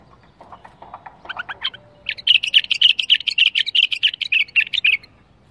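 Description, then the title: Bulbul song opening with soft notes climbing in pitch, then breaking into a loud, fast, steady trill lasting about three seconds. Described as flawless bulbul song in the tour style. "اجمل تغريد بلبل بدون اخطاء بلبل طور"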